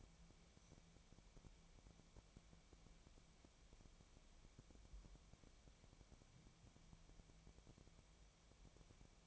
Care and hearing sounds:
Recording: daily activity, microphone in the room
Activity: wipe stove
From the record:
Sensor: 1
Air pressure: 1007.1 hPa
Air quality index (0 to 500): 205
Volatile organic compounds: 23 ppm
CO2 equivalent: 2770 ppm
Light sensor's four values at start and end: 12/31/12/14 and 12/31/12/14

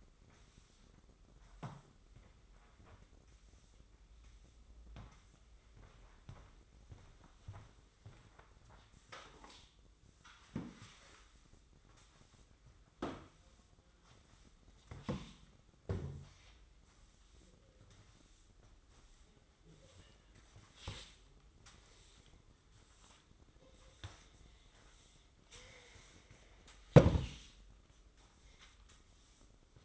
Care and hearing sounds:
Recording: daily activity, microphone in the room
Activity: sweep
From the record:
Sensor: 3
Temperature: 24.5 degrees Celsius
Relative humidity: 30.4%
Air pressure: 995.9 hPa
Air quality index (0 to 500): 94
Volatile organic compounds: 12 ppm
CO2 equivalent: 2355 ppm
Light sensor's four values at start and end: 31/91/38/34 and 30/88/37/33

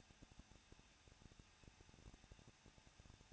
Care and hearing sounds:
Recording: daily activity, microphone in the room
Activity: no activity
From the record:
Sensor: 2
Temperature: 21.0 degrees Celsius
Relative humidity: 37.4%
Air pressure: 1006.1 hPa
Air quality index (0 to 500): 222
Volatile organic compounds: 24 ppm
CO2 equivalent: 2810 ppm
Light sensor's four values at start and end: 2/3/2/2 and 2/3/2/2

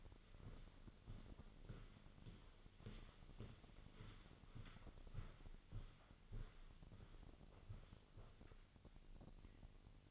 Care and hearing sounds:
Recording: daily activity, microphone in the room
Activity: walk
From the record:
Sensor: 4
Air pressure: 1010.1 hPa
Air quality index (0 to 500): 173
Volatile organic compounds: 2 ppm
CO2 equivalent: 1257 ppm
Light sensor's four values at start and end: 61/151/63/70 and 60/148/62/69

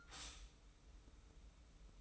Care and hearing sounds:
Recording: daily activity, microphone in the room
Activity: stop toaster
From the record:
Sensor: 1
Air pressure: 990.7 hPa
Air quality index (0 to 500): 144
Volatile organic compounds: 849 ppm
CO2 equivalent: 5169 ppm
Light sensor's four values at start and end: 22/53/22/24 and 22/53/22/24

